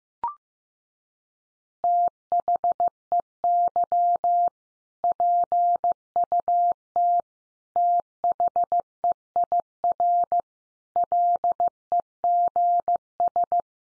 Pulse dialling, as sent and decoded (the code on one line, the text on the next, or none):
none